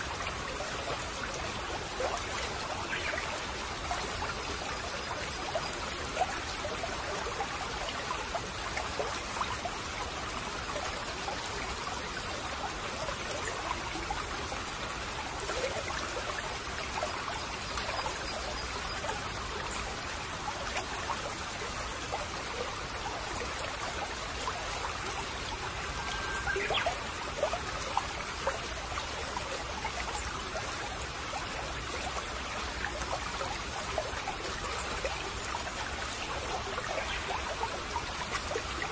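A forest stream trickles and gurgles steadily throughout, a dense, even wash of bright splashing with small bubbling bursts and no pauses.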